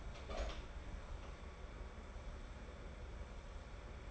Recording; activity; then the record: daily activity, microphone in the room; open door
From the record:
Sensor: 5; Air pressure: 1015.2 hPa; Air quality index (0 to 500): 216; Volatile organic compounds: 12 ppm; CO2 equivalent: 2341 ppm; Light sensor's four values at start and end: 35/80/32/31 and 35/80/32/31